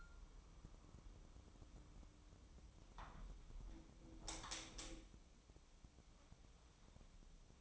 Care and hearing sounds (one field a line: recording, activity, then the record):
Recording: daily activity, microphone in the room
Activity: close window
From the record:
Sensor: 1